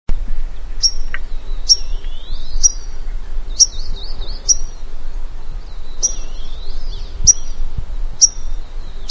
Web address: vinaceous rosefinch call